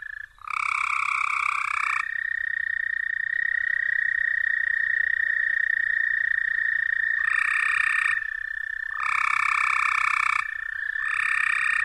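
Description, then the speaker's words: American toad trill, a long steady musical buzz held throughout, with shorter overlapping buzzy bursts at times. Mating call, described as the love song of the toad; recorded in Kentucky. "Here's the sound of the American toad, recorded in Kentucky. It's the mating call, the love song of the toad."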